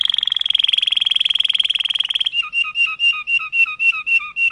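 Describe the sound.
Canary singing a fast, high buzzy trill, then switching to a slower phrase of paired notes repeated about four times a second.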